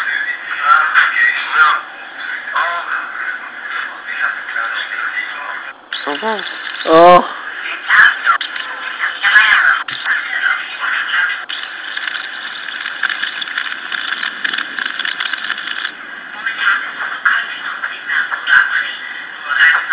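A seagull gives a few harsh, descending cries midway through, loud against a steady background drone that sounds like an idling engine and continues throughout.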